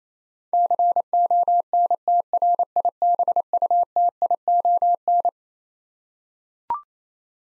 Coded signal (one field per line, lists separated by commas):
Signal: Morse code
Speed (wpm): 28 wpm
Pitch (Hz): 700 Hz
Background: none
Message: CONTRIBUTION